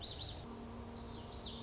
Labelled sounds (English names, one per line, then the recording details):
Lazuli Bunting
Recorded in Sonoma County, California